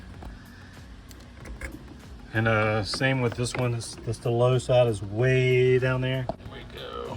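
A manifold gauge hose's quick coupler is handled near a car's AC low-side service port while someone talks, with a few faint clicks and knocks under the speech. Nothing has seated or clicked yet.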